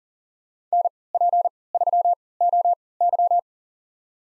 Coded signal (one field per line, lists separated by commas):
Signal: Morse code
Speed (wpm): 40 wpm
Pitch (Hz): 700 Hz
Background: none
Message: NP3OY